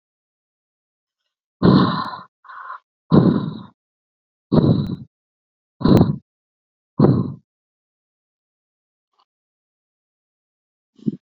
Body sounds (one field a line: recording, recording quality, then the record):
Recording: shallow breathing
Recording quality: excellent, no background noise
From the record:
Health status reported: healthy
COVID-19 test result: negative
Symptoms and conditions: sore throat, fatigue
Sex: male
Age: 34 years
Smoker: yes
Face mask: not worn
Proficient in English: yes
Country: India